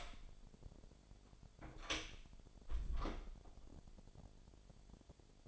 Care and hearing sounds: daily activity, microphone in the room; close door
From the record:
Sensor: 5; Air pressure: 1007.6 hPa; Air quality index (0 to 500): 153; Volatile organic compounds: 3 ppm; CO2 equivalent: 1466 ppm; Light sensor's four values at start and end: 57/160/62/62 and 57/162/63/63

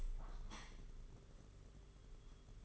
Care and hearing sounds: daily activity, microphone in the room; open window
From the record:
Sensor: 4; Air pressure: 992.1 hPa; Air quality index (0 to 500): 104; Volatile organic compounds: 14 ppm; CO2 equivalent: 2464 ppm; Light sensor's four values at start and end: 22/77/28/30 and 22/77/28/30

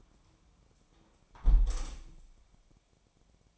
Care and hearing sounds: daily activity, microphone in the room; close window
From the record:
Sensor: 1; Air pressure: 1000.4 hPa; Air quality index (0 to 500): 181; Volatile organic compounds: 4 ppm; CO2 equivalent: 1661 ppm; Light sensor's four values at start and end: 10/25/10/12 and 10/25/10/12

